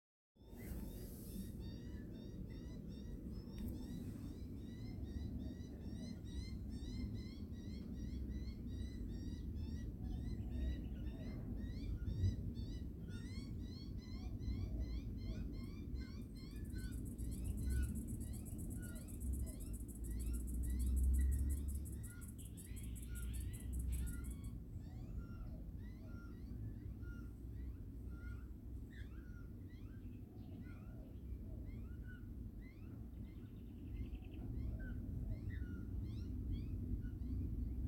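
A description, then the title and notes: Magpies call throughout in quick, repeated chattering bursts, busy in the first half and thinning out later. A steady low rumble runs underneath the whole time. A thin, high hiss rises between about 17 and 24 seconds. Magpies in Spring. Australian Magpies.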